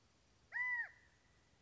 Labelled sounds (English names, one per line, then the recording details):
California Quail
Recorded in Sonoma County, California